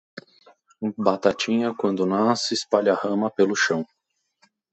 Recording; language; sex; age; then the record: short text; Brazilian Portuguese; male; 30 to 39 years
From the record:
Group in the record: control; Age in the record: 32 years